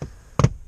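A plastic switch trim panel holding the switch blanks in the dashboard of a 2018 Toyota 4Runner SR5 is pulled back gently by hand and pops free with a sharp snap at 0.4 s, followed by a softer knock at 0.4 s. A faint tap occurs at the start over a low steady hum, and the panel comes out easily, released from the dash.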